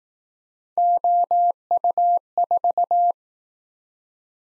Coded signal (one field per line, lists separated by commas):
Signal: Morse code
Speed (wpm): 19 wpm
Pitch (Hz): 700 Hz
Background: none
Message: OU4